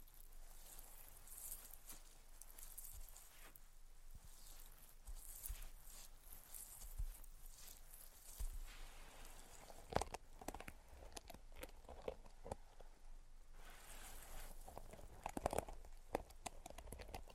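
Tapping, scratching and tracing sounds run through the whole recording, a dense mix of sharp clicks and dry rubbing strokes. Hissy scraping sweeps come and go throughout. Sharper taps cluster around ten seconds and again near fifteen to sixteen seconds.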